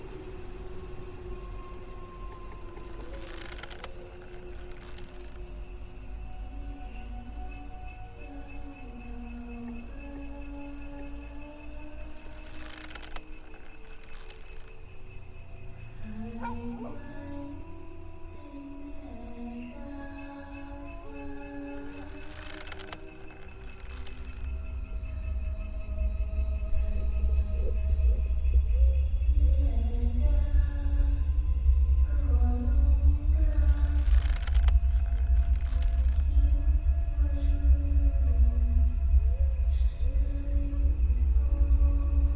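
A female ghost's wavering, wordless lullaby drifts up and down over a low rumble that grows louder after twenty-five seconds, with occasional sharp clicks.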